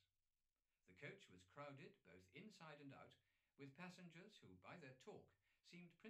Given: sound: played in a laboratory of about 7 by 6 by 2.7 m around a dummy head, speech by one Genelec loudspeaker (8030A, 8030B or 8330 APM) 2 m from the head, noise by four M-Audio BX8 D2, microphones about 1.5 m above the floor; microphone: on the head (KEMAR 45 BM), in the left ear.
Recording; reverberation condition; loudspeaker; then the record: male speech in English; low; behind (180 degrees)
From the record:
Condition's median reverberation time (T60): about 310 ms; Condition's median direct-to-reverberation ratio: about 3.5 dB